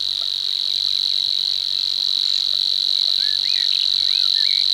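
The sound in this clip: Savi's warbler song, a steady rapid mechanical reel without pause, accompanied by several faint chirps and slurred whistles from other birds.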